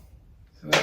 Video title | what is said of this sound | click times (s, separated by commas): Harley Heritage Softail Detachable Saddlebags Installation | it's locked into place | 0.7 s